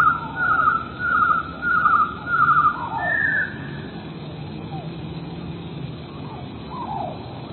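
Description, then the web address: Eurasian blue tit delivering four rapid trilled phrases and a higher trilled ending, then quieter stretch with only low rumble and faint notes. "wroblowe teka 4 spiew 38. modraszkoteka"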